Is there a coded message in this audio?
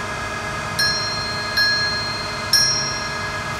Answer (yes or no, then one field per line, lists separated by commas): no